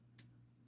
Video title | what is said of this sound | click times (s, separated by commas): Tuesday night Knife Talk | He's audible click. | 0.2 s